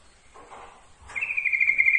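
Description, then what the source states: Yellow-vented bulbul song: after a soft rustle, a fast fluttering trill starts and continues steadily to the end. Trucukan song, for masteran training.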